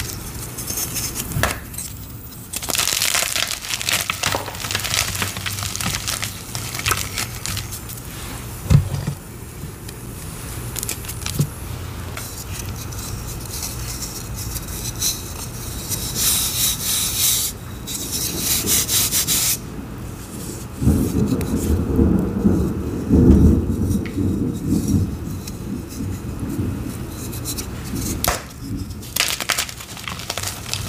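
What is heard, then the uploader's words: Crunchy chalk crushes in bursts, densest from about 3 to 7 seconds and again around 15 to 20, with sharp snaps near 9 and 28 seconds. Steady rain hisses underneath throughout, and a deep thunder rumble rolls in around 21 to 25 seconds. Crunchy dyed gym chalk crushing into water with thunderstorm and rain sounds.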